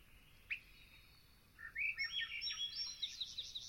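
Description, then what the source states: Swainson's Thrush song: a lone sharp note, then a fluty phrase spiralling upward in quick overlapping notes. Male breaking into full song at a crisp, clear dawn in the Okanogan mountains, 04:30, 2019; dense, spiraling, ethereal notes spinning away like fluted wisps.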